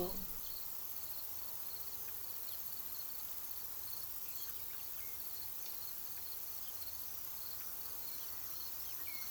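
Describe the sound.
Cricket chirps pulse softly and steadily after a short knock at the start, set against a constant hiss.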